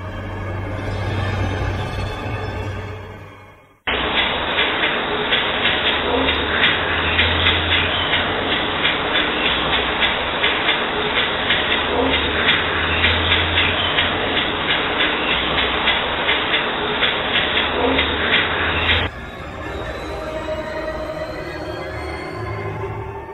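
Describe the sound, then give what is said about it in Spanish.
Typewriter keys clack in a rapid, dense, uneven stream for about fifteen seconds over a steady hiss, starting and stopping abruptly, with no voices. “Bueno, también muy, muy clara ese teclear característico de las máquinas de escribir.”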